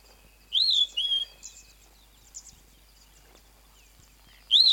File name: flappet lark